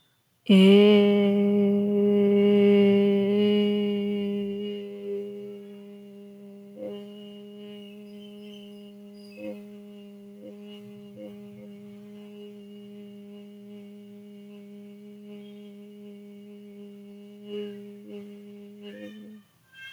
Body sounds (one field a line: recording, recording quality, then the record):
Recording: sustained vowel as in made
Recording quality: excellent, no background noise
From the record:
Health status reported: recovered from COVID-19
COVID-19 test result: positive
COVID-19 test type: RT-PCR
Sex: female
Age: 24 years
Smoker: no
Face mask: not worn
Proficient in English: no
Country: India